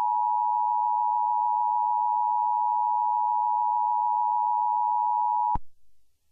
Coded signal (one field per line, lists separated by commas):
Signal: Emergency Alert System (SAME) tones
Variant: 853 and 960 Hz attention tone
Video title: The bunny killer (EAS SCENARIO)